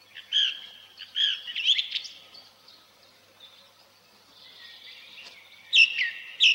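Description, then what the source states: Song Thrush song: short bright whistled phrases near the start, then a quiet gap and two loud sharp notes at the end. Singing in a spring forest, heard from all sides; unhurried, sonorous phrases delivered from the treetops.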